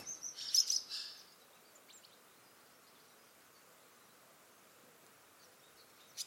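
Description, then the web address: Bird chirps, a quick cluster of high thin notes in the first second, then near silence over a soft background hiss, with one brief note at the end. "Bird Only"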